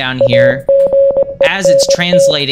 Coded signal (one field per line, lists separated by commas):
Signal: Morse code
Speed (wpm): 19 wpm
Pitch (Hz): 550 Hz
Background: speech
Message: AGENT